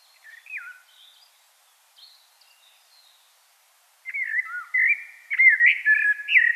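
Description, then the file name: Common blackbird song: faint thin notes at first, then a louder run of mellow warbled whistles with rising and falling turns. "Turdus merula"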